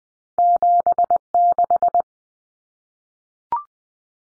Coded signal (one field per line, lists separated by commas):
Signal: Morse code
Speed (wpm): 20 wpm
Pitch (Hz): 700 Hz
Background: none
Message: 76